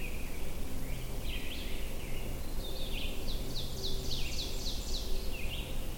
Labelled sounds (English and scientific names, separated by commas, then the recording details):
Ovenbird (Seiurus aurocapilla) song
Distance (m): 65 m
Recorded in boreal forest in Alberta, Canada, on 22 June 2016 at 07:53
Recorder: SongMeter 3, array SBT-6-76
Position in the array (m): 156 m, 117 m
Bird 3